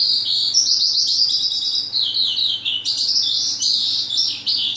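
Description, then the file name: Oriental skylark giving a brief, busy song of twittering high notes and buzzy trills with short pauses, a low hum underneath. Vietnam. "suara kicauan sonca branjangan vietnam. omkicau"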